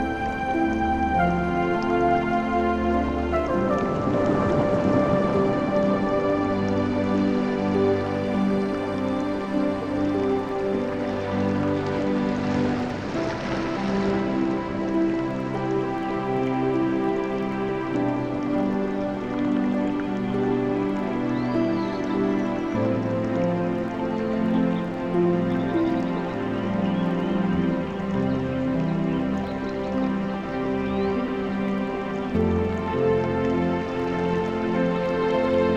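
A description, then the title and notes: Music of slow, sustained chords plays throughout, shifting to a new chord every few seconds with a deep, full low end. A soft rush like ocean waves or rain swells beneath it, most noticeably around the fifth and again near the twelfth second. Music With Ocean and Jungle Sounds.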